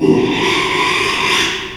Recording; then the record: squeal of a Yucatan mini pig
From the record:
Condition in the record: after surgery on the right vocal fold (resection and tissue-engineered implant); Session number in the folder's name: 1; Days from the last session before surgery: 6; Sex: male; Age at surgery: 12 weeks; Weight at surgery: 13 kg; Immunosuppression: cyclosporine, prednisolone